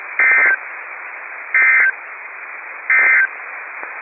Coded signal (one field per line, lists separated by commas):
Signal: Emergency Alert System (SAME) tones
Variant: end-of-message bursts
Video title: Required Weekly Test - 05/22/19 (EAS #90)